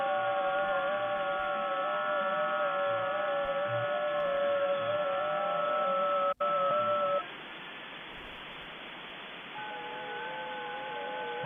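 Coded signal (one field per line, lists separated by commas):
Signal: FT8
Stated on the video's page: Received on an ICOM 7610 with a two-element hex beam, 100 W, on the 50 and 28 MHz bands.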